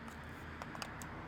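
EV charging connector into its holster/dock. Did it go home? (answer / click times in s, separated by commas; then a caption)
no / none. An EV charging connector for a high-mileage 2019 Tesla Model 3 SR+ (253,000 km) is handled as it is brought to its wall holder or dock. A few light, short handling taps sound at about 0.6, 0.8 and 1.0 s over a steady low background hum. The connector is still being handled, and nothing has seated or clicked yet.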